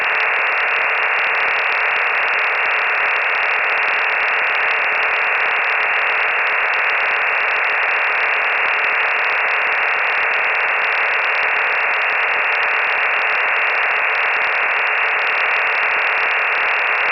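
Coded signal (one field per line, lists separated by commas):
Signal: digital SSTV (DRM)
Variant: EasyPal, mode A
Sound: steady dense hiss-like digital rush, band-limited, unchanging for the whole clip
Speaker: okay an easy pal pick on the drop of the repeater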